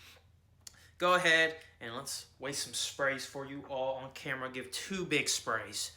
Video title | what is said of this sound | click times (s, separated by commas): Is Stronger With You Sandalwood the Best One Yet? - Full Review & Lineup Comparison | It's got to be in that right place. And I can click it in. | 0.7 s